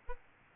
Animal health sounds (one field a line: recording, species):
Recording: mosquito wingbeat signal from an infrared sensor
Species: Aedes albopictus